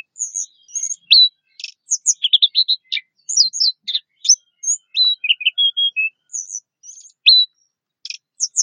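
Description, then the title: Orange-headed thrush song, a busy medley of sharp high chirps, short whistles and scratchy notes delivered rapidly without long breaks. "Anis Merah"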